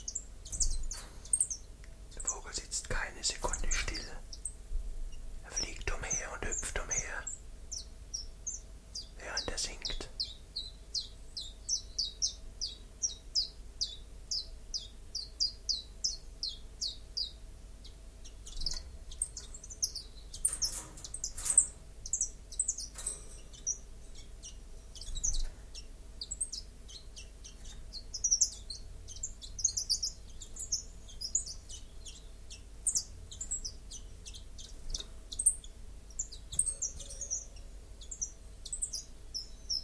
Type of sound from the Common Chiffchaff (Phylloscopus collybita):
song